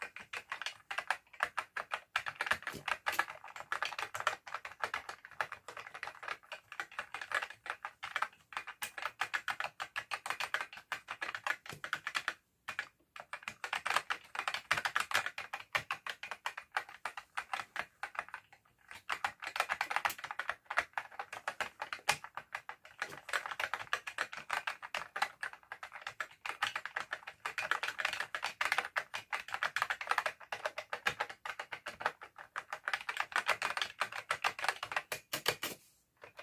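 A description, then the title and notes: Touch typing on an old full-size computer keyboard, a dense, fast stream of crisp clicking keystrokes that runs almost without pause. Brief gaps come near 12, 18 and 36 seconds, with occasional heavier key hits standing out from the steady clatter. Touch typing triggers using old large size Personal Computer Keyboard. Typing on old style full size keyboard.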